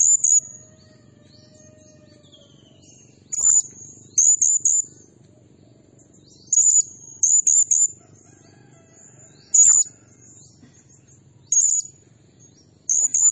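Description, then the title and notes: Blue-crowned hanging parrot repeating very high, thin, sizzling notes, singly or in short clustered bursts, separated by pauses, over a soft low rumble. Lure and training recording, nasteran style, meant to provoke other birds; described as energetic, 'nembak' shooting delivery. "Burung Serindit Nembak Gacor Bikin Emosi Semua Burung. Suara Nasteran Dan Pemikat Burung Serinditan Gacor"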